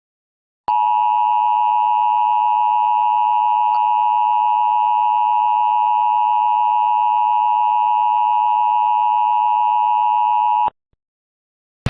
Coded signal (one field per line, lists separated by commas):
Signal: Emergency Alert System (SAME) tones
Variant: 853 and 960 Hz attention tone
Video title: EAS MOCK - Emergency Action Termination